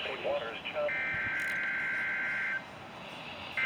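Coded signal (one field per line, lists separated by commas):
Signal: Emergency Alert System (SAME) tones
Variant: header bursts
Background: speech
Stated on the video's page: Weekly test received on a NOAA weather station transmitting on 162.400 MHz in Tomball, Texas.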